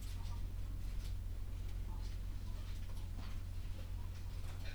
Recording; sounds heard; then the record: poultry house recording; sick chickens (respiratory disease)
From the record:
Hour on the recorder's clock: 11